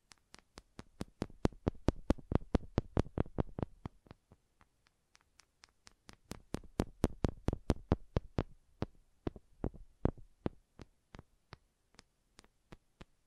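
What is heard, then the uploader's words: Wooden tapping triggers: a steady run of sharp, knocking taps at about three per second. The taps are bright and crisp with a dull thud underneath, quieting briefly near the four- and six-second marks before resuming, then thinning out toward the end. ASMR Calming Wood Triggers for Sleep (No Talking).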